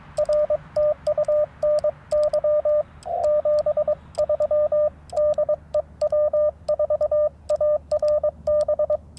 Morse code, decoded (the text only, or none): R TU NY 73 DE W4ARB